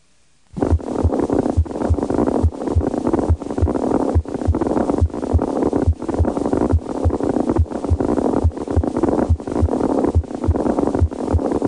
Produced by a mediastinal crunch are usually heard best near the apex of the heart, over the mitral area, and along the left sternal border, with the patient in the partial left lateral recumbent position. Palpable crepitation may be present over the neck area. The noises have a crunching quality, which may become louder during inspiration. Noises produced by a mediastinal crunch sound like this.